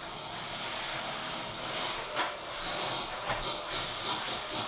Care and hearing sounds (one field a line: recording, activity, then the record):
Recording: daily activity, microphone in the room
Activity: vacuum cleaning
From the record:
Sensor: 5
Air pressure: 1009.7 hPa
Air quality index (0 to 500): 167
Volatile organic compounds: 4 ppm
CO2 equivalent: 1619 ppm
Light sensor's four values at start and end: 109/286/117/125 and 106/276/114/121